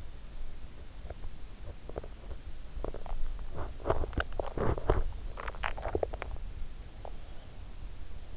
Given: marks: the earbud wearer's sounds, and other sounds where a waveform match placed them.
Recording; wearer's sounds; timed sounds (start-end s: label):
sounds in sleep by an in-ear microphone; teeth grinding, swallowing
0.88-1.30 s: teeth grinding
1.61-2.47 s: teeth grinding
2.62-3.32 s: swallowing
3.49-6.35 s: swallowing
6.87-7.35 s: teeth grinding